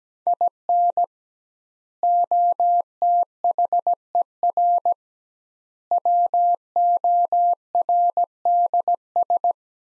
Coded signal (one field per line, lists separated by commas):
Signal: Morse code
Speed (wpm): 17 wpm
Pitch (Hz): 700 Hz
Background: none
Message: IN OTHER WORDS